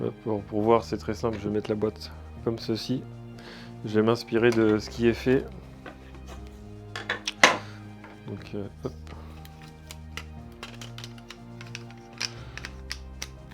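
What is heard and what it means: Someone talks over background music while handling a vintage 1996 Playmobil plastic dungeon wall panel (prisoner/dungeon set refs 3859 and 3857) to fit it into the toy dungeon base. A few sharp knocks sound around 7.1 to 7.4 seconds, with lighter taps near 12.3 and 12.9 seconds. The panel has not seated or clicked into place yet.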